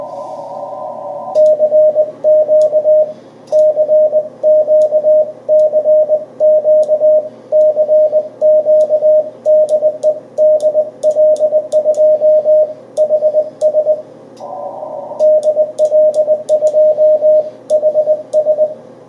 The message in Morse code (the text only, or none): CQ CQ CQ CQ DE DL2HS DL2HS